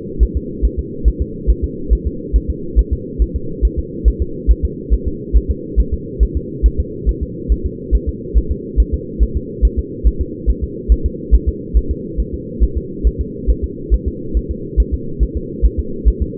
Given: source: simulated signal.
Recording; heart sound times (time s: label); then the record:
fetal heart sounds
0.23 s: S1
0.37 s: S2
0.65 s: S1
0.79 s: S2
1.08 s: S1
1.22 s: S2
1.50 s: S1
1.64 s: S2
1.93 s: S1
2.07 s: S2
2.36 s: S1
2.50 s: S2
2.79 s: S1
2.93 s: S2
3.22 s: S1
3.36 s: S2
3.65 s: S1
3.79 s: S2
4.08 s: S1
4.22 s: S2
4.51 s: S1
4.65 s: S2
4.94 s: S1
5.08 s: S2
5.37 s: S1
5.51 s: S2
5.80 s: S1
5.94 s: S2
6.23 s: S1
6.37 s: S2
6.66 s: S1
6.80 s: S2
7.09 s: S1
7.23 s: S2
7.52 s: S1
7.66 s: S2
7.95 s: S1
8.09 s: S2
8.38 s: S1
8.52 s: S2
8.80 s: S1
8.94 s: S2
9.23 s: S1
9.37 s: S2
9.65 s: S1
9.79 s: S2
10.07 s: S1
10.21 s: S2
10.50 s: S1
10.64 s: S2
10.92 s: S1
11.06 s: S2
11.35 s: S1
11.49 s: S2
11.77 s: S1
11.91 s: S2
12.20 s: S1
12.34 s: S2
12.63 s: S1
12.77 s: S2
13.07 s: S1
13.21 s: S2
13.50 s: S1
13.64 s: S2
13.94 s: S1
14.08 s: S2
14.37 s: S1
14.51 s: S2
14.80 s: S1
14.94 s: S2
15.23 s: S1
15.37 s: S2
15.66 s: S1
15.80 s: S2
16.08 s: S1
16.22 s: S2
From the record:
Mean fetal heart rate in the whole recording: 140 bpm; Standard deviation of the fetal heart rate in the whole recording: 2 bpm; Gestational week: 34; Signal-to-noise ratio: -4.3 dB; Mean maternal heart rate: 72 bpm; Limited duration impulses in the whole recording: absent